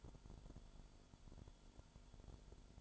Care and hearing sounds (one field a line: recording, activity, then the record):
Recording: daily activity, microphone in the room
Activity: light on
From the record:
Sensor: 5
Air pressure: 1007.9 hPa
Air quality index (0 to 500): 100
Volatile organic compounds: 1 ppm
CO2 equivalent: 778 ppm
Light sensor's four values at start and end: 35/81/33/33 and 35/82/33/34